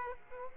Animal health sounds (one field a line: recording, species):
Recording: mosquito wingbeat signal from an infrared sensor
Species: Aedes aegypti